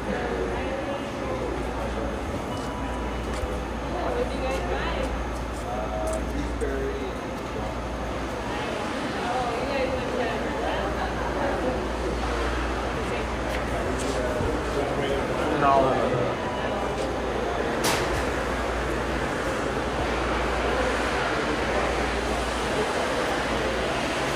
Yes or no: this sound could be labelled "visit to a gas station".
yes